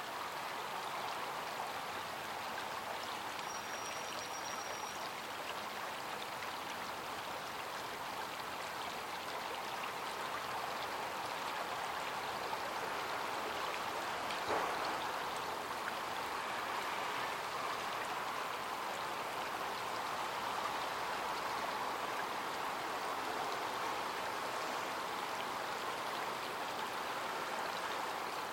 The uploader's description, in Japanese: 冷たい朝。せせらぎのそばでじっと耳をすませました。